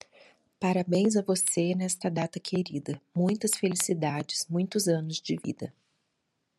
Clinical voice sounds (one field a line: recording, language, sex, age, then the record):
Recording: short text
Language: Brazilian Portuguese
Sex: female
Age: 40 to 49 years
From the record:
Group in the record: control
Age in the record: 47 years